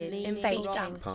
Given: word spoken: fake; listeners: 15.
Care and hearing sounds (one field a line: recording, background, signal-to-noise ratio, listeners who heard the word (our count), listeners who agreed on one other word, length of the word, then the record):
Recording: one English word in noise, from a listening test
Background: four-talker babble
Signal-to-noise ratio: -1.4 dB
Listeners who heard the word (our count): 1 of 15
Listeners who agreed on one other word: 8 of 15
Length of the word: 0.75 s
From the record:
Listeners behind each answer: 8, 2, 1, 1, 1, 1, 1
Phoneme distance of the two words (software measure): 10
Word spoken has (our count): 1 syllable, 3 phonemes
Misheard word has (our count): 1 syllable, 3 phonemes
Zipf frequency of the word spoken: 4.51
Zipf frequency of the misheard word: 4.22